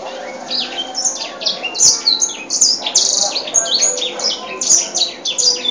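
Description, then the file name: White-rumped seedeater sings a lively high warble of chirps, short trills and downward-sliding whistles in a steady, unbroken stream. Original song. "audio edel sanger lagu asli. omkicau"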